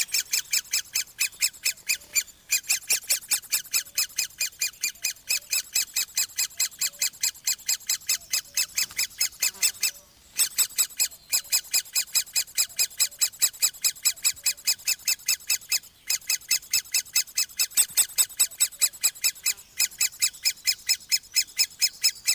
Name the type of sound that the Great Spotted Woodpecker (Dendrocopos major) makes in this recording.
call